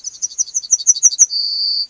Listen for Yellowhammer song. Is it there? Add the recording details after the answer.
yes. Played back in grassland. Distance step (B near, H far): B. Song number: 129